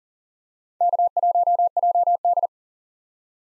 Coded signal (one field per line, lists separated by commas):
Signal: Morse code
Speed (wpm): 40 wpm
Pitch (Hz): 700 Hz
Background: none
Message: K1JD